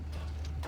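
After dumping, the tilting metal bin of a DD103EZXT Dump Dolly Power EZ_Latch Extended is pulled back down onto the dolly frame, and its EZ_Latch locks into place. One short hit sounds at 0.45 s over a steady low hum. The latch is seated.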